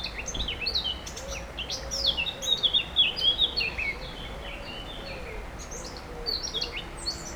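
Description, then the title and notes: Warbler singing a quick, scratchy, twittering phrase of high notes, with soft low hooting notes underneath. Near the Sierroz river, allée Marcel Mailly, Aix-les-Bains, France; warblers singing without competition at this time of year; river level very low. "3 Rue des Pélicans, 73100 Aix-les-Bains, France - Fauvettes. Près du Sierroz allée Marcel Mailly , les fauvettes sont sans concurrence à cette époque , le niveau du Sierroz est très bas"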